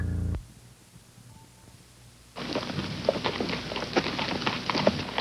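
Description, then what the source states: Horse hoofbeats begin after a short loud sound and about two seconds of near quiet with a faint tone, then continue as a busy clatter of knocks. Long steady walk.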